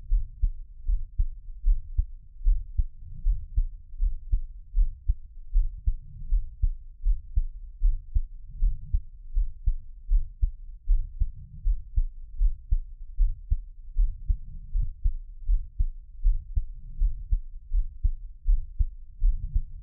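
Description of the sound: An adult's heartbeat heard close up, a run of low thumps with no talking.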